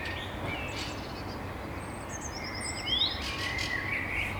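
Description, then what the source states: A few thin bird notes, a short high trill and a rising whistle, faint over steady background hiss. Recorded at dawn.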